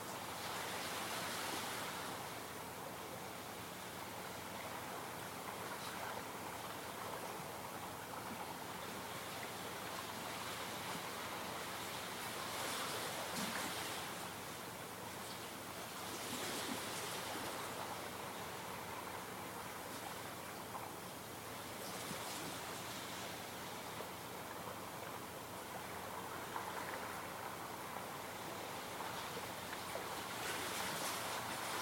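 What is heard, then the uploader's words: Waves lap onto the smooth stones of a lakeshore in a steady, dense wash of water sound. Brighter surges rise every few seconds, around 2, 13, 21 and 31 seconds, as small waves break and rattle over the stones, then ease back into a constant hiss. Waves lap lazily onto the smooth stones of Superior's lakeshore. All of season two was recorded near its rocky shores.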